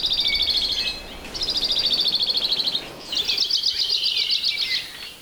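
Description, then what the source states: Hawaii creeper song, three high, rapid, slightly descending trills of about one to two seconds each, separated by short pauses, over faint background hiss. Males give a very conspicuous descending trill; often the best way to find the bird; local name alawi.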